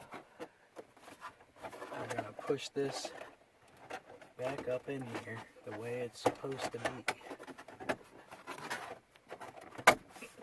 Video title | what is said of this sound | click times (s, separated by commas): How To Remove/Install A Radio In A 2007 Toyota Tundra | like that so it snapped into place | 9.9 s